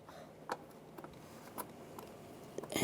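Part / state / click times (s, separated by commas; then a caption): coolant hose quick-connect fitting onto engine water pump port / not seated / none. A plastic coolant hose quick-connect fitting is lined up against its port on a new engine water pump in a 2006-2009 Mercedes E350, before being pushed up to lock. Only light ticks are heard around 0.5, 1.0, 1.6, 2.0 and 2.6 s, followed by a brief rustling burst near 2.8 s. The fitting has not clicked or locked in yet.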